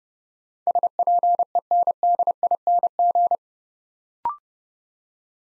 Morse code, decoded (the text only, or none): SPENDING